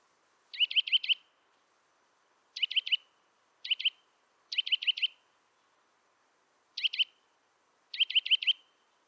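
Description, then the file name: Eurasian nuthatch gives clipped, repeated calls in clusters of two to four notes, spaced irregularly throughout, with nothing else audible. "Sitta europaea"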